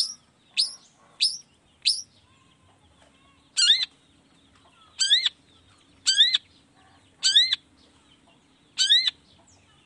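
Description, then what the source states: Long-tailed shrike song: sharp high downslurred notes, then harmonic chevron-shaped whistles repeated every second or so in a loose rhythm, quiet background. Morning singing; features 'toet toet' notes and voice variations, meant to stimulate emotion so that reluctant shrikes start singing along.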